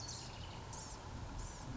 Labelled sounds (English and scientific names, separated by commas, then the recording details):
Blue-gray Gnatcatcher (Polioptila caerulea)
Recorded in Sonoma County, California